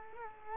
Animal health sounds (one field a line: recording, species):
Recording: mosquito wingbeat signal from an infrared sensor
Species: Culex quinquefasciatus